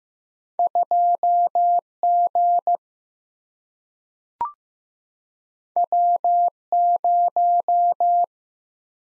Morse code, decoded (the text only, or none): 2G W0